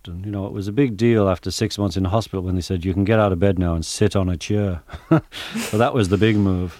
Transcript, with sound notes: You know, it was a big deal after six months in a hospital when they said, you can get out of bed now and sit on a chair. (laughter) So that was the big move.